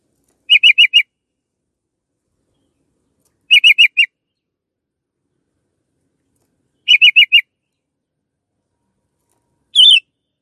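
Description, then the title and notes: Canary chirps: three quick four-note series spaced about three seconds apart, then one higher buzzy phrase. Canary chirping, used as training material for teaching songs to birds. "Kicauan Kenari Durasi Panjang. Masteran Burung Lengkap"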